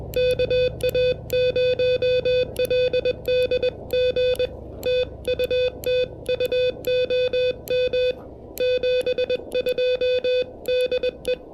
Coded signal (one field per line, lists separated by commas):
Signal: Morse code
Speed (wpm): 21 wpm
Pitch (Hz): 500 Hz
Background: music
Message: KA0LDG TU TU OM 72 DE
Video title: Testing the Tufteln KH1 Adapter: Tabletop QRP DX in the Clouds!